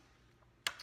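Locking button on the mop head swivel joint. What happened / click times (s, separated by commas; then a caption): The small plastic lock button snapped into its locked position / 0.7 s. A small green plastic locking button marked "lock" on the swivel joint of a Norwex mop head is flipped down, giving a single sharp click at 0.7 s. After the click, the head is locked so it only rotates in one direction. Before the click there is only a quiet background, with a brief ringing tail and a fainter tick after it.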